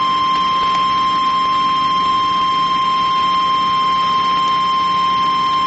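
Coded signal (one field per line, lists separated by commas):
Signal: Emergency Alert System (SAME) tones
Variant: 1050 Hz attention tone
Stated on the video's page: Green screen template tornado warning EAS alert.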